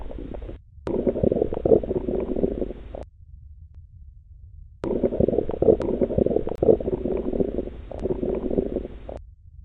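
Hyperactive bowel sounds heard over the adult abdomen with a stethoscope: frequent loud gurgling rushes in two bursts separated by a quiet gap, in the setting of an acute abdomen examination.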